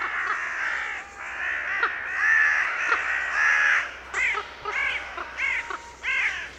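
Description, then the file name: Carrion crow calling with hoarse caws, a dense overlapping chorus at first, then separate arched caws spaced about half a second apart. "Corvus corone"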